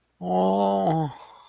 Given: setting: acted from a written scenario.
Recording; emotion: vocal sound without words; distress